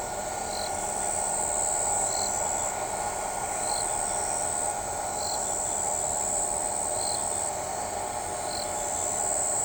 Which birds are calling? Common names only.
none